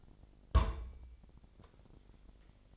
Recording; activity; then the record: daily activity, microphone in the room; place on stove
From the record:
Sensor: 5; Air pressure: 999.3 hPa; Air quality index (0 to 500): 223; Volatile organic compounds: 21 ppm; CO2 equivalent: 2731 ppm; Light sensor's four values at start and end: 30/69/28/28 and 32/72/29/29